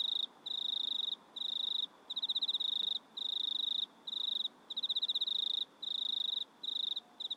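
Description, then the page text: Cricket calling in quick high trilled bursts, each under a second, separated by short gaps, over low faint hiss. Crickets recorded at night in a country town in Australia, in stereo. "Insects Crickets Australian Night Loop Stereo. Sounds recorded at night in a country town"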